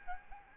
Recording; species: mosquito wingbeat signal from an infrared sensor; Aedes albopictus